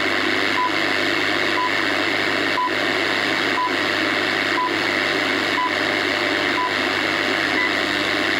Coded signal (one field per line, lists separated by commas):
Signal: radio time signal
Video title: Time Signal & Air Band #shortwavespectrum